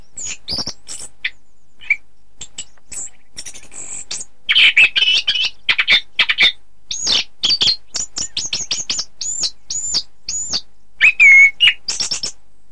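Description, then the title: Thrush delivering a varied song: scattered high notes at first, then louder chattering phrases and a series of repeated arched whistles. "Suara Burung Anis"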